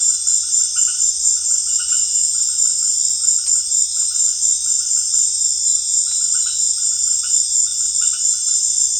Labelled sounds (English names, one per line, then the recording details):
none
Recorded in pastures near Puerto Asís, Putumayo, Colombia, on 25 June 2025 at 18:30
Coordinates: 0.502, -76.324
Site G010